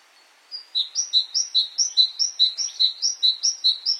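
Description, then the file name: Great tit song: a high two-note phrase, upper note then lower, repeated several times in a fast, even rhythm. "Canto do chapins real"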